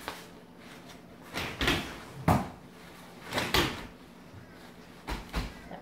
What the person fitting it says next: That one's locked in.